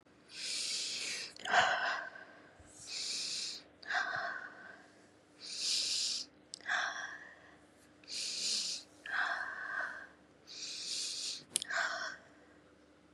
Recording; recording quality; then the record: deep breathing; excellent, no background noise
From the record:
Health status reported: COVID-19 positive, mild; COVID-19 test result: positive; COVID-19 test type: RT-PCR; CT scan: not taken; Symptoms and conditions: fatigue, muscle pain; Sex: female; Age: 28 years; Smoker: no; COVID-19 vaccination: both doses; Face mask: not worn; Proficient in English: yes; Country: India